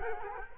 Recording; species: mosquito wingbeat signal from an infrared sensor; Culex quinquefasciatus